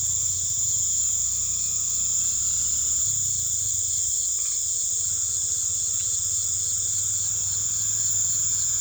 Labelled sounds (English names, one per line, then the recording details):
none
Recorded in pastures near Puerto Asís, Putumayo, Colombia, on 21 December 2024 at 19:00
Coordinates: 0.487, -76.322
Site GP09